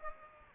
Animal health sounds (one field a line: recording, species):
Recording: mosquito wingbeat signal from an infrared sensor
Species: Aedes aegypti